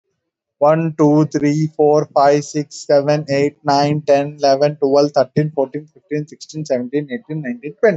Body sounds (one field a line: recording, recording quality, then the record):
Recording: counting at a normal pace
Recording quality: excellent, no background noise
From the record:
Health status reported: respiratory illness, not identified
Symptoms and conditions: none ticked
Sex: male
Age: 21 years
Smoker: not ticked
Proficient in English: yes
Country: India